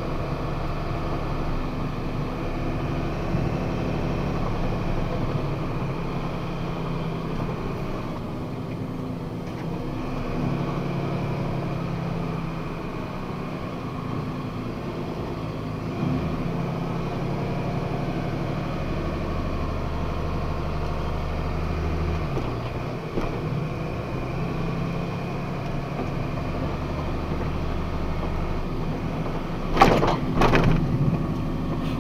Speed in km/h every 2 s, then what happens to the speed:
53, 54, 52, 47, 40, 23, 28, 26, 26, 29, 30, 32, 36, 39, 40, 40.
4-14 slows to 26. 14-25 speeds up to 39. 25-32 steady at about 40.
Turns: none.